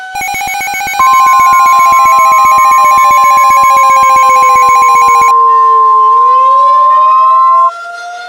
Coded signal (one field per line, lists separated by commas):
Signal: Emergency Alert System (SAME) tones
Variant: 1050 Hz attention tone